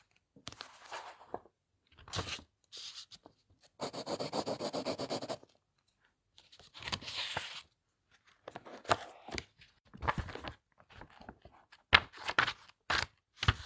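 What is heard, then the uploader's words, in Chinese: Book pages are turned and a pencil writes, in short separate bursts of dry rustling and scratching with silent gaps between. A longer, steady grainy scratch runs from about four to six seconds, and quick sharp strokes cluster toward the end. 翻书 铅笔写字。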